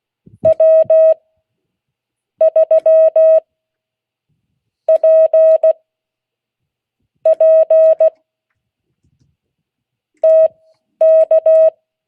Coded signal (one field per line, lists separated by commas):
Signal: Morse code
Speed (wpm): 16 wpm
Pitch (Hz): 640 Hz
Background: none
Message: W3PP TK